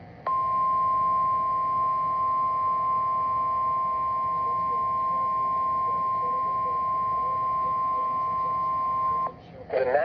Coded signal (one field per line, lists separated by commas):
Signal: Emergency Alert System (SAME) tones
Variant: 1050 Hz attention tone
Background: speech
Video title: EAS #23 - TORNADO WARNING for Frisco, TX! (May 18, 2025)